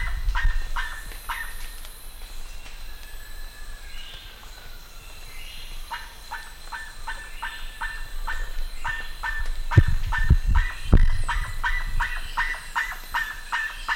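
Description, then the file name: Bird calls, short harsh notes repeated quickly, with a long pause after the first few before the series resumes, and low thumping sounds partway through. "SABIOD 50 bird 2015"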